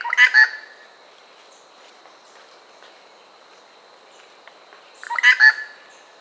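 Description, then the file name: Eurasian magpie harsh, rattling chatter in two short bursts about five seconds apart, with a faint steady hiss between them. "kosza szarka hangja"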